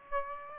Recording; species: mosquito wingbeat signal from an infrared sensor; Aedes aegypti